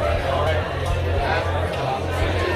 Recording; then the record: background sound without coughing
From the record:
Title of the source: CITY SOUNDS Busy Bar in the Evening Night - 2 HOURS of Ambiance for Relaxation